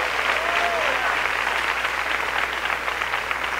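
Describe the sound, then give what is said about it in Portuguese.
Steady, dense applause from a crowd applauding the Lord during a sermon, a sustained wash of clapping that holds at an even, fairly loud level throughout, with a faint whistle-like tone near the start. “Aplauda o Senhor porque Ele é bom.”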